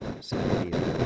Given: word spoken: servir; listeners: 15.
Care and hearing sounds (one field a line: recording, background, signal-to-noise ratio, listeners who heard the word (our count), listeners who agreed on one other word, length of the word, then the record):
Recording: one Spanish word in noise, from a listening test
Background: noise modulated by one talker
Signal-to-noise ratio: -10.2 dB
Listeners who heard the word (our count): 0 of 15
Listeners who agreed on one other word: 9 of 15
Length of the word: 0.66 s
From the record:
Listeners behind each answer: 9, 2, 2, 2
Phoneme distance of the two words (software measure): 20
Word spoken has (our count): 2 syllables, 6 phonemes, stress on syllable 2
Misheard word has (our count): 2 syllables, 6 phonemes, stress on syllable 2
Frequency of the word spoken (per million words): 49.17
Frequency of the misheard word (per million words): 56.25